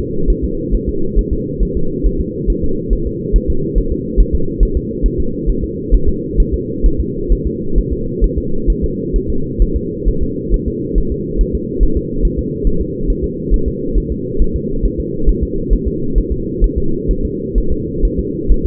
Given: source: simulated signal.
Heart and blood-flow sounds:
fetal heart sounds
0.30 s: S1
0.44 s: S2
0.75 s: S1
0.89 s: S2
1.19 s: S1
1.33 s: S2
1.63 s: S1
1.77 s: S2
2.06 s: S1
2.21 s: S2
2.50 s: S1
2.64 s: S2
2.93 s: S1
3.07 s: S2
3.36 s: S1
3.50 s: S2
3.78 s: S1
3.92 s: S2
4.20 s: S1
4.35 s: S2
4.63 s: S1
4.77 s: S2
5.06 s: S1
5.20 s: S2
5.50 s: S1
5.64 s: S2
5.94 s: S1
6.09 s: S2
6.40 s: S1
6.54 s: S2
6.86 s: S1
7.00 s: S2
7.33 s: S1
7.47 s: S2
7.78 s: S1
7.93 s: S2
8.24 s: S1
8.38 s: S2
8.70 s: S1
8.84 s: S2
9.16 s: S1
9.30 s: S2
9.62 s: S1
9.77 s: S2
10.08 s: S1
10.23 s: S2
10.54 s: S1
10.68 s: S2
10.98 s: S1
11.12 s: S2
11.41 s: S1
11.55 s: S2
11.83 s: S1
11.97 s: S2
12.25 s: S1
12.39 s: S2
12.67 s: S1
12.81 s: S2
13.10 s: S1
13.24 s: S2
13.54 s: S1
13.68 s: S2
13.98 s: S1
14.12 s: S2
14.42 s: S1
14.56 s: S2
14.86 s: S1
15.00 s: S2
15.29 s: S1
15.43 s: S2
15.73 s: S1
15.88 s: S2
16.18 s: S1
16.32 s: S2
16.64 s: S1
16.78 s: S2
17.11 s: S1
17.25 s: S2
17.58 s: S1
17.72 s: S2
18.05 s: S1
18.19 s: S2
18.52 s: S1
18.66 s: S2
From the record:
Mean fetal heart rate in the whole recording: 135 bpm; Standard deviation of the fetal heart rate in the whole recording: 3 bpm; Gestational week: 36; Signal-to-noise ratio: -8.1 dB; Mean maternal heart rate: 72 bpm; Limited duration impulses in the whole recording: absent

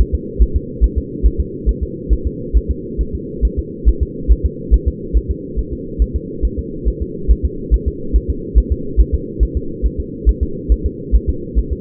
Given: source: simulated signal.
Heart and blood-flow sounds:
fetal heart sounds
0.00 s: S1
0.14 s: S2
0.42 s: S1
0.56 s: S2
0.84 s: S1
0.98 s: S2
1.26 s: S1
1.40 s: S2
1.69 s: S1
1.83 s: S2
2.13 s: S1
2.27 s: S2
2.57 s: S1
2.71 s: S2
3.01 s: S1
3.15 s: S2
3.45 s: S1
3.59 s: S2
3.88 s: S1
4.03 s: S2
4.32 s: S1
4.46 s: S2
4.74 s: S1
4.88 s: S2
5.17 s: S1
5.31 s: S2
5.59 s: S1
5.73 s: S2
6.02 s: S1
6.16 s: S2
6.45 s: S1
6.59 s: S2
6.88 s: S1
7.02 s: S2
7.31 s: S1
7.45 s: S2
7.74 s: S1
7.88 s: S2
8.16 s: S1
8.30 s: S2
8.58 s: S1
8.72 s: S2
9.00 s: S1
9.14 s: S2
9.43 s: S1
9.57 s: S2
9.86 s: S1
10.00 s: S2
10.29 s: S1
10.43 s: S2
10.72 s: S1
10.86 s: S2
11.15 s: S1
11.29 s: S2
11.58 s: S1
11.72 s: S2
From the record:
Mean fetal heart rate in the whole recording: 140 bpm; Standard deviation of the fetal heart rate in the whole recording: 2 bpm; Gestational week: 34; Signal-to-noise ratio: -4.3 dB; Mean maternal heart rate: 72 bpm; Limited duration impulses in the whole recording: absent

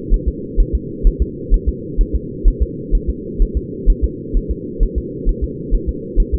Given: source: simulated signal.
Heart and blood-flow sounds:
fetal heart sounds
0.14 s: S1
0.28 s: S2
0.60 s: S1
0.75 s: S2
1.07 s: S1
1.22 s: S2
1.54 s: S1
1.69 s: S2
2.01 s: S1
2.15 s: S2
2.48 s: S1
2.62 s: S2
2.95 s: S1
3.10 s: S2
3.42 s: S1
3.57 s: S2
3.90 s: S1
4.04 s: S2
4.37 s: S1
4.51 s: S2
4.83 s: S1
4.98 s: S2
5.29 s: S1
5.44 s: S2
5.75 s: S1
5.89 s: S2
6.20 s: S1
6.34 s: S2
From the record:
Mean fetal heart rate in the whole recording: 130 bpm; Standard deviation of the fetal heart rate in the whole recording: 2 bpm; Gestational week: 38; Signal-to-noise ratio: -4.1 dB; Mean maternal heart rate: no maternal heart sound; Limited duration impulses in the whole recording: absent

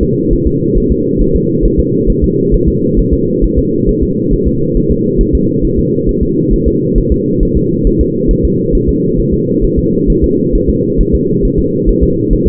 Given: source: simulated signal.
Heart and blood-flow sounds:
fetal heart sounds
0.03 s: S2
0.33 s: S1
0.47 s: S2
0.78 s: S1
0.92 s: S2
1.22 s: S1
1.36 s: S2
1.65 s: S1
1.80 s: S2
2.10 s: S1
2.24 s: S2
2.54 s: S1
2.69 s: S2
2.99 s: S1
3.13 s: S2
3.44 s: S1
3.59 s: S2
3.89 s: S1
4.03 s: S2
4.33 s: S1
4.48 s: S2
4.77 s: S1
4.91 s: S2
5.21 s: S1
5.35 s: S2
5.65 s: S1
5.79 s: S2
6.09 s: S1
6.23 s: S2
6.53 s: S1
6.68 s: S2
6.98 s: S1
7.12 s: S2
7.43 s: S1
7.57 s: S2
7.87 s: S1
8.01 s: S2
8.31 s: S1
8.45 s: S2
8.75 s: S1
8.89 s: S2
9.19 s: S1
9.34 s: S2
9.65 s: S1
9.79 s: S2
10.10 s: S1
10.24 s: S2
10.55 s: S1
10.69 s: S2
11.00 s: S1
11.15 s: S2
11.45 s: S1
11.59 s: S2
11.89 s: S1
12.03 s: S2
12.33 s: S1
12.47 s: S2
From the record:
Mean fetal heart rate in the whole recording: 135 bpm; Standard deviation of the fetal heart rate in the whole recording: 3 bpm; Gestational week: 36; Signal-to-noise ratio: -11.2 dB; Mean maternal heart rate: 72 bpm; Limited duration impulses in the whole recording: present

